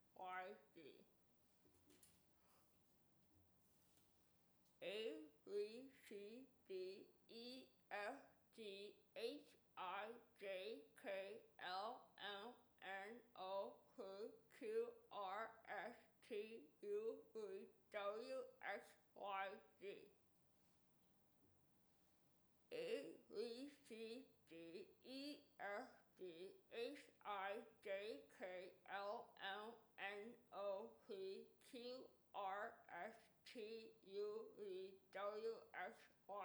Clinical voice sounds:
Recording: letters of the alphabet, spoken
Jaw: constrained by a bite bar between the teeth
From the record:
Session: first day, right after the free take

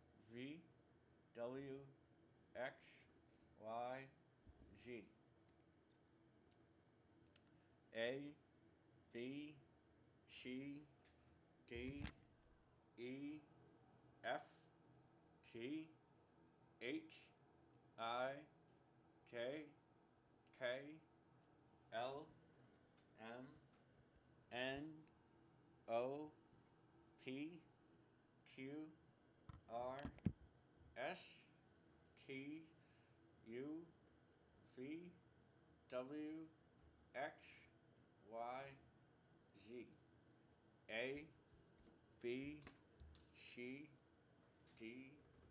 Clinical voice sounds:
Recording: letters of the alphabet, spoken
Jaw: constrained by a bite bar between the teeth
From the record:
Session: first day, right after the free take

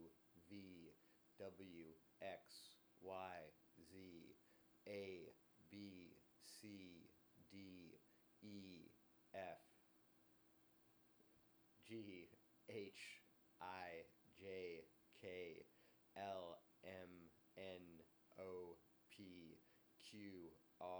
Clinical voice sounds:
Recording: letters of the alphabet, spoken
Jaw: free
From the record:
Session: seven days later

